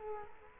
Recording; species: mosquito wingbeat signal from an infrared sensor; Culex quinquefasciatus